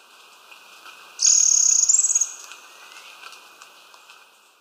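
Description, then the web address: Bronze-olive pygmy-tyrant calling one high, buzzy trill lasting about a second and rising slightly at the end, over a steady background drone. Ecuador. "Birds of Ecuador. Bronze-olive Pygmy-Tyrant"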